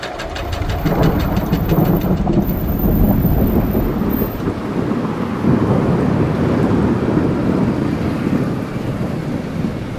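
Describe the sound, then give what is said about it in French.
A huge thunderstorm on 9 May, ending in endless heavy rain: steady rain pours down, deep low rumbling rolls underneath throughout, and a dense hiss of rainfall fills the whole stretch with no voices. “Ce que vous entendez, là, c'est l'énorme orage qui a éclaté le 9 mai et qui s'est terminé par une pluie interminable et sauvage.”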